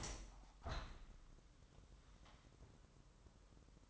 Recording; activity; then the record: daily activity, microphone in the room; open window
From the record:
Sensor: 3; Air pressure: 998.0 hPa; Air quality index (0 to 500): 131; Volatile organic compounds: 4 ppm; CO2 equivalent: 1563 ppm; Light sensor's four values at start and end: 14/42/17/16 and 14/42/17/16